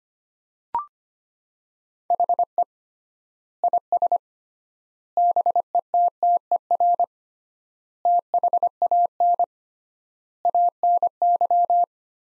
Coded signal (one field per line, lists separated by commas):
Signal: Morse code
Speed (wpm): 25 wpm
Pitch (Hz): 700 Hz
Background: none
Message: HE IS BETTER THAN ANY